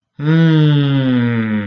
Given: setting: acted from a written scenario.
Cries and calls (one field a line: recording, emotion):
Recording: vocal sound without words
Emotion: realization